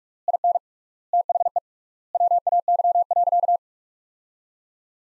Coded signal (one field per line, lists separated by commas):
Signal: Morse code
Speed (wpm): 42 wpm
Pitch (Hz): 700 Hz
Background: none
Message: IN THE WAY.